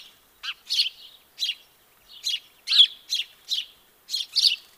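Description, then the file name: House sparrow chirping: short, harsh, buzzy chirps given in irregular bursts, some doubled, about nine notes over five seconds, with a quiet background. "Passer domesticus"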